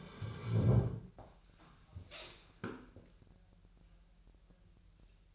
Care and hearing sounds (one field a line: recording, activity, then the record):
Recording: daily activity, microphone in the room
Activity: sit down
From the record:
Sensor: 2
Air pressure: 1001.7 hPa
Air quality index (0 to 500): 241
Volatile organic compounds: 75 ppm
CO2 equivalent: 3564 ppm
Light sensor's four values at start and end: 7/17/7/8 and 9/22/9/10